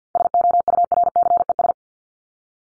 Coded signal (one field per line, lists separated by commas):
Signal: Morse code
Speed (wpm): 50 wpm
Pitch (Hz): 700 Hz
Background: none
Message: SOURCES